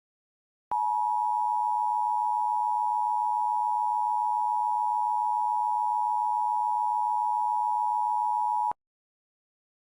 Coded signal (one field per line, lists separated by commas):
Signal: Emergency Alert System (SAME) tones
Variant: 853 and 960 Hz attention tone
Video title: EAS Recreation - FLASH FLOOD EMERGENCY for New Orleans, LA! [Hurrcane Francine] (September 11, 2024)